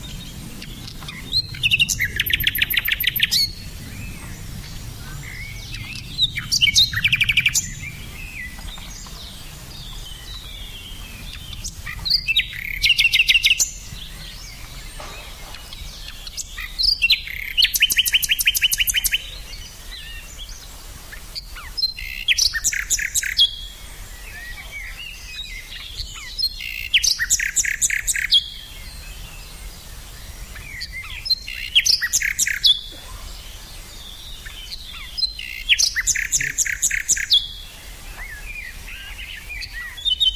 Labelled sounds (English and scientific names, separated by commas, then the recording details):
Common Nightingale (Luscinia megarhynchos) song
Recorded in the wild
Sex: male
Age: adult
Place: Lübars, Berlin, DE
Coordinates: 52.6172, 13.3619
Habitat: wood
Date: 2007-05-06 12:45
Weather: sunny, ca. 20°C
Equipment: Sony WM-D6C, Sennheiser ME 80
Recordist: Tembrock, Günter